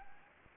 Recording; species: mosquito wingbeat signal from an infrared sensor; Anopheles arabiensis